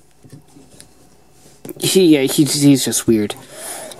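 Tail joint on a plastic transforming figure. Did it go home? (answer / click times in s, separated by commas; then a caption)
no / none. The plastic tail joint of a transforming toy figure (a Digi-Fusion Loader) is handled, with faint soft ticks and rubbing around 0.3 s, 0.8 s and 1.6 s. Someone then talks from about 1.7 s to 3.3 s over a quiet background. The tail has not yet clicked into place; nothing has seated.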